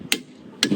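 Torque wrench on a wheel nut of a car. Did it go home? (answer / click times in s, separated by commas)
yes / 0.1 s, 0.6 s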